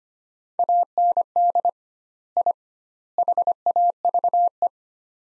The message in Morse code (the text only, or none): AND I HAVE